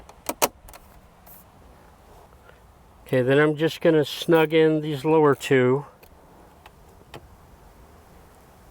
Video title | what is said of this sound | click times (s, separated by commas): 2007 Volvo C70 Stuck Ignition Key & Gear Shift Blind Replacement | and then just snaps in place. | 0.3 s, 0.4 s